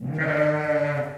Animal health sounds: contact call of a hoofed animal; sheep; low-frequency (closed-mouth) or high-frequency (open-mouth) call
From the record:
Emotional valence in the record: negative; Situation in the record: short social isolation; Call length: 1.17 s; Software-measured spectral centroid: 1480 Hz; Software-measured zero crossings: 1460 a second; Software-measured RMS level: -24 dBFS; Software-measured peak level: -10 dBFS

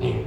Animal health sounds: contact call of a hoofed animal; pig; closed-mouth grunt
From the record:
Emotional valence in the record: negative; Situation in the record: short social isolation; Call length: 0.27 s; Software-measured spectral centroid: 1350 Hz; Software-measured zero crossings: 800 a second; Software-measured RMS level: -24 dBFS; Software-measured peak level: -12 dBFS

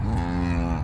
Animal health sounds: contact call of a hoofed animal; cattle; low-frequency (closed-mouth) or high-frequency (open-mouth) call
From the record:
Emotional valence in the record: negative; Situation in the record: full separation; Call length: 0.84 s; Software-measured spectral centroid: 1430 Hz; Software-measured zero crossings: 660 a second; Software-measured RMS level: -24 dBFS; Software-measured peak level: -13 dBFS

